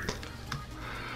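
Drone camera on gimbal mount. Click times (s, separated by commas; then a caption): 0.5 s. With the release button held, the camera of a Xiaomi Mi Drone 4K is twisted and pulled off its gimbal mount. Two light ticks at about 0.1 s and 0.2 s lead to a sharp click at 0.5 s as the camera unclips and comes free of the mount.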